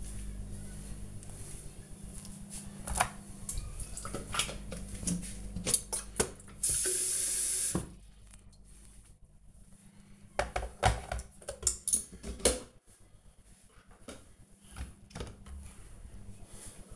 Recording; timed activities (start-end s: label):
household activities, microphone on the right wrist
2.19-16.96 s: making tea